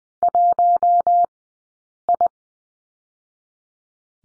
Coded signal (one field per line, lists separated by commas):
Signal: Morse code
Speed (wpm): 20 wpm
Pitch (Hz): 700 Hz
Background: none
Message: 1 I